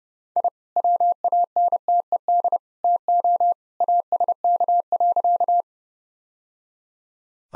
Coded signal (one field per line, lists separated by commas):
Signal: Morse code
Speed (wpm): 30 wpm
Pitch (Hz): 700 Hz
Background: none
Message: I WANTED TO ASK.